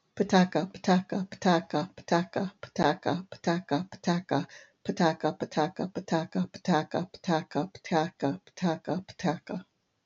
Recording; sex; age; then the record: repeated syllables /pa ta ka/; female; 50 to 59 years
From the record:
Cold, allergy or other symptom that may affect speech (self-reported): no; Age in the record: 56 years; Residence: Ohio, United States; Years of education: 13